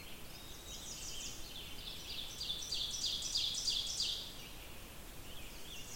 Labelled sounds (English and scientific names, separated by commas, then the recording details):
Ovenbird (Seiurus aurocapilla) song
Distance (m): 40 m
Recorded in boreal forest in Alberta, Canada, on 20 June 2016 at 05:55
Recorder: SongMeter 3, array SBT-6-81
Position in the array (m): 152 m, 259 m
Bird 25